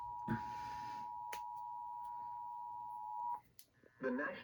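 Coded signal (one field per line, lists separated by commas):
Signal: Emergency Alert System (SAME) tones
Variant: 853 and 960 Hz attention tone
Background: speech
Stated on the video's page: Real EAS alerts for storms.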